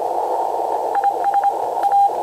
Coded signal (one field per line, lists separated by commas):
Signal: Morse code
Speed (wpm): 27 wpm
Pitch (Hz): 800 Hz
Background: radio noise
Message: IS A